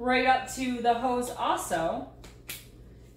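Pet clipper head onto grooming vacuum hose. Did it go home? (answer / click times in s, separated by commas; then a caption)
yes / 2.5 s. Someone talks while the pet hair clippers from a WLUPEL pet grooming kit are pushed onto the end of the grooming vacuum hose. A faint tap comes at about 2.2 seconds, then a sharp plastic snap at 2.5 seconds as the clipper head locks onto the hose. The clipper is engaged and ready to use.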